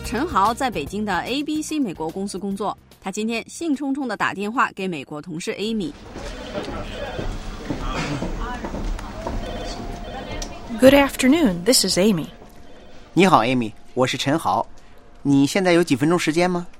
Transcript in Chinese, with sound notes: 陈豪在北京的 ABC 美国公司工作，他兴冲冲地打电话给美国同事 Amy。
(Office ambience) Good Afternoon, this is Amy.
你好，Amy, 我是陈豪，你现在有几分钟的时间吗？